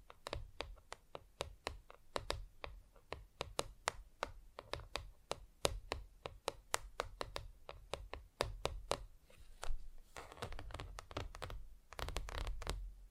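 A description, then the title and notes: Tapping on different surfaces: a steady run of sharp, bright knocks, roughly two to three per second, each with a short low thud. Near ten seconds the taps soften into a scratchy rustle, then return in quicker bursts toward the end. ASMR Just Tapping (Different Surfaces No Talking).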